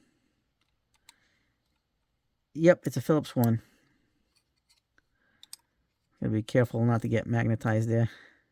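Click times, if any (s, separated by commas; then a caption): none. A small Phillips #1 screwdriver bit from a carabiner light multi-tool is handled near its bit holder slot while someone talks, with faint handling ticks around 1.1, 5.0, 5.4 and 5.5 seconds. The clip ends before the bit goes back in; nothing has seated or clicked into the holder yet.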